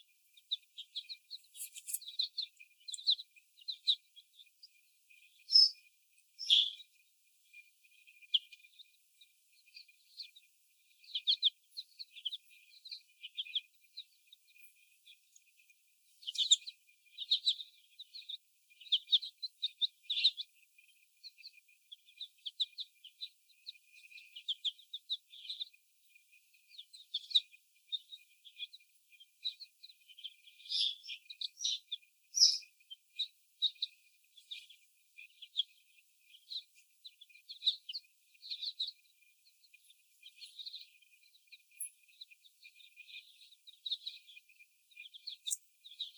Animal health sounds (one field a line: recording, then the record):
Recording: young laying hens in a cage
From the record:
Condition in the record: before the stressor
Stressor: sudden umbrella opening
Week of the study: 1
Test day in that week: 1